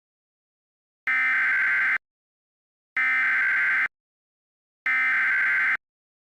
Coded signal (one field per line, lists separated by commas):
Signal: Emergency Alert System (SAME) tones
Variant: header bursts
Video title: EAS Mock: Hoover Dam breaks itself